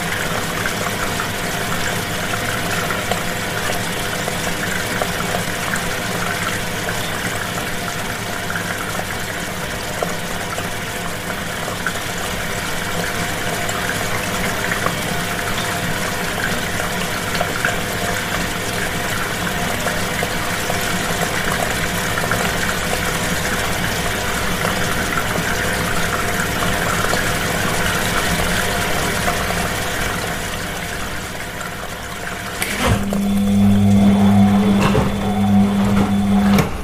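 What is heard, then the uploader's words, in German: A washing machine runs with a steady, dense churning of water and a low mechanical hum that stays even for most of the half minute. Near the end, at about 33 seconds, the sound shifts abruptly to a louder, deeper drone with a pulsing motor tone. Diese Episode präsentiert die sanften Geräusche einer laufenden Waschmaschine. Sanfte Waschmaschinenklänge.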